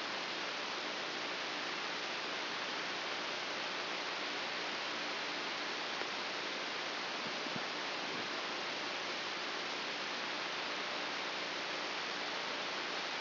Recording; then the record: brain microelectrode recording played as sound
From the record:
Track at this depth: inside the subthalamic nucleus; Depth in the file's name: 3.502 mm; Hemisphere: left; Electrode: 2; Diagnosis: Parkinson's disease